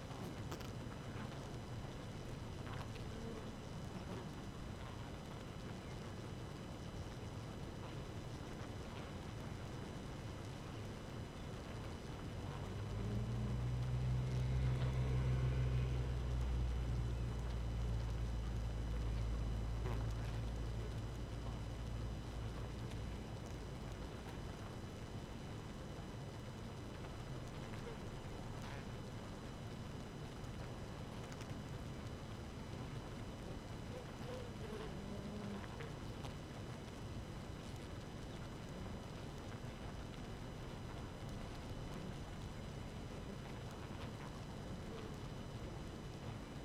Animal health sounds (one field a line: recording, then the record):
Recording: honeybee colony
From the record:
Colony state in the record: active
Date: 12 June 2018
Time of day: 4:44